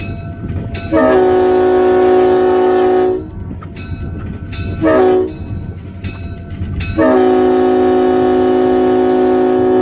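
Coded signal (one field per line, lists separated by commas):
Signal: train horn signal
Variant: steam locomotive whistle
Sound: locomotive horn blasts: a long one, a short one, then another long one cut off at the end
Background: locomotive rumble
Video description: blow the horn signaling the train going forward and backward. 2 Horns for forward. 3 Horns for backward.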